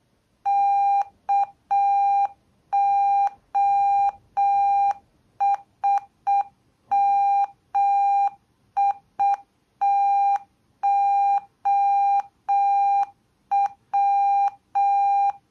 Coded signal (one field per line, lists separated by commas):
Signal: Morse code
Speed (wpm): 6 wpm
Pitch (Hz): 800 Hz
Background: none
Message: KOSMITOW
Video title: Ważna wiadomość alfabetem Morse'a